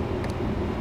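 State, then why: Not seated. A steel snap ring is being handled and pushed back onto the pin of a trailer jack during a rebuild, the ring that keeps the pin from sliding out. Only a steady low rumble of background noise is heard, with a faint brief high-pitched tick around 0.2–0.3 s. Nothing has seated or clicked yet.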